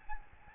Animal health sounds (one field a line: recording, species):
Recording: mosquito wingbeat signal from an infrared sensor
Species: Aedes albopictus